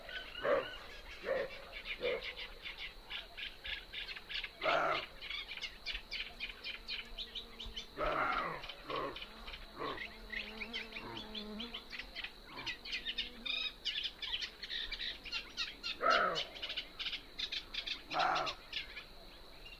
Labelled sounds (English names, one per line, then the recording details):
Western Roe Deer barking
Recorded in the wild
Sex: male
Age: adult
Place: Zarnekow, Kummerower See, Mecklenburg-Vorpommern, DE
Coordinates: 53.8756, 12.8811
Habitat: meadow
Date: 2010-06-23 22:15
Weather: fair, 16°C, no wind
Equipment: Sound Devices 702, Sennheiser MKH 70, Rycote Windschutz
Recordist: Frommolt, Karl-Heinz